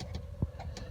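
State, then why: Seated. A spark plug wire boot is pushed down onto a newly installed spark plug in the cylinder head of a Subaru Outback. Small ticks are heard around 0.2 s, 0.4 s and 1.0 s, and the boot clicks onto the plug at 0.8 s, showing it is fully engaged.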